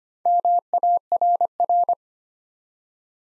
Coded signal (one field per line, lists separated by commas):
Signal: Morse code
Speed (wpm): 25 wpm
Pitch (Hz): 700 Hz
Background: none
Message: MARR